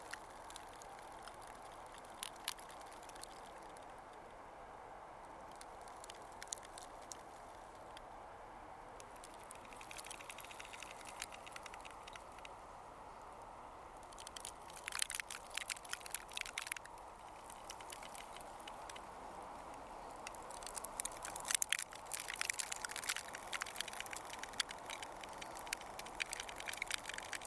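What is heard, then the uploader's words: Sea ice creaks and cracks along a beach under a steady low hiss. The first half is quiet, with faint scattered ticks; from about fifteen seconds, denser bursts of bright crackling and snapping come in clusters, strongest near fifteen and twenty-one seconds. Frozen beach, Helsinki. The delicate creaking and cracking of the sea ice at Munkkiniemi beach. The ebb and flow of the sea water pushes and pulls the ice blocks. I had to place the recorder deep into a crevice of the ice to pick up these tiny sounds. The faint rumble of Helsinki city sounds in the distance.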